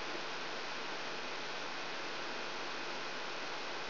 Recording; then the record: brain microelectrode recording played as sound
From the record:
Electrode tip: outside the subthalamic nucleus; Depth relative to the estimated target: -8 mm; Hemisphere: right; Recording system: AlphaMap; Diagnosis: Parkinson's disease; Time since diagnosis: 13 years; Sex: male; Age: 62 years